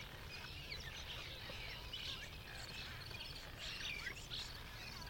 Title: Cliff Swallows at Late-Morning At Columbia National Wildlife Refuge